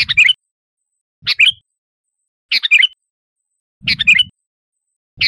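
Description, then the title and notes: Sooty-headed bulbul repeating short bubbly chirped phrases about every second and a quarter, most accompanied by a low muffled thump. "Kicau Burung Kutilang"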